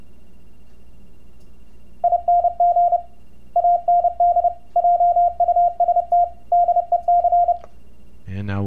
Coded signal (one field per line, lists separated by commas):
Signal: Morse code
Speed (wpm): 29 wpm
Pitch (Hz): 700 Hz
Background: radio noise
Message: ING AND JUST DEC